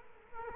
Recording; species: mosquito wingbeat signal from an infrared sensor; Culex quinquefasciatus